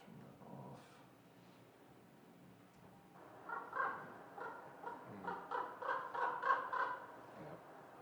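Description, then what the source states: Raven calling: a quick run of hoarse, croaking notes in the second half, after a few scattered softer sounds. Recorded right around the village.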